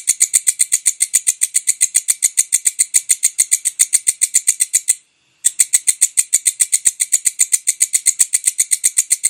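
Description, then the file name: Bush cricket producing rapid, evenly spaced scratchy pulses, high and bright, with a single brief pause midway before resuming. "suara walang kecek"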